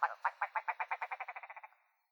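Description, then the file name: Willow ptarmigan call: a harsh, nasal rattling series of many notes that quickens and fades over under two seconds. "riekko"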